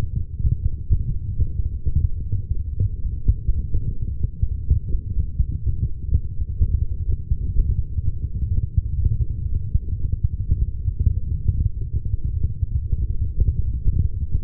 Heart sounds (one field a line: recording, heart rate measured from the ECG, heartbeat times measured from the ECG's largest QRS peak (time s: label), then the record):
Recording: heart sounds by stethoscope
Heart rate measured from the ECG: 127 bpm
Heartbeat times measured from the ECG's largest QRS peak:
0.41 s: heartbeat
0.89 s: heartbeat
1.36 s: heartbeat
1.84 s: heartbeat
2.31 s: heartbeat
2.79 s: heartbeat
3.26 s: heartbeat
3.74 s: heartbeat
4.21 s: heartbeat
4.69 s: heartbeat
5.16 s: heartbeat
5.64 s: heartbeat
6.11 s: heartbeat
6.59 s: heartbeat
7.06 s: heartbeat
7.54 s: heartbeat
8.01 s: heartbeat
8.49 s: heartbeat
8.96 s: heartbeat
9.43 s: heartbeat
9.90 s: heartbeat
10.38 s: heartbeat
10.85 s: heartbeat
11.32 s: heartbeat
11.79 s: heartbeat
12.26 s: heartbeat
12.72 s: heartbeat
13.19 s: heartbeat
13.65 s: heartbeat
14.11 s: heartbeat
From the record:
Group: healthy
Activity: light exercise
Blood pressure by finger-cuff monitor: 154/78 mmHg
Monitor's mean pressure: 101 mmHg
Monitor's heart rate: 127 bpm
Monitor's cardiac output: 11.6 L/min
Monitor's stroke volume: 93 mL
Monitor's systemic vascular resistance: 420 dyn s/cm5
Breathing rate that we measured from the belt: 32 breaths a minute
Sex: female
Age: 43 years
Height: 160 cm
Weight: 90 kg